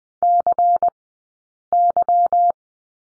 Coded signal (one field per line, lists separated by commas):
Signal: Morse code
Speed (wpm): 20 wpm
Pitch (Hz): 700 Hz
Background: none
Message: CY